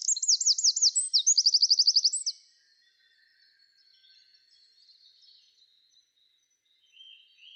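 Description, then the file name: Eurasian wren delivering a rapid, shrill two-second trill of repeated notes, followed by quieter twittering and a faint note at the end. "Troglodytes troglodytes"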